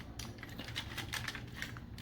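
Plastic tabs on the legs of a 1992 D-12 Megatron robot toy are handled and guided toward the toy's knee joints during transformation, where they are meant to lock into place. Light plastic taps and rattles are heard throughout, with two sharper ticks near 0.8 s and 1.6 s. Nothing has seated or clicked into place yet.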